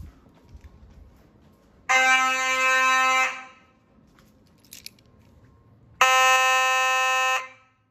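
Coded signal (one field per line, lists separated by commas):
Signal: alarm pattern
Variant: Simplex fire alarm horns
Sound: two long harsh buzzing horn blasts separated by about three seconds of quiet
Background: quiet room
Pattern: 2 long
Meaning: Fire alarm evacuation signal telling occupants to leave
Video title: Fire Alarm Test #104 | Vintage Simplex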